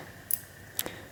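A steel master link on a bicycle chain has its two sides pushed together and then pulled apart to unlock it. Sharp metallic clicks are heard at 0.3 s and 0.8 s, with a fainter tick just after the second. The master link pops apart and comes free.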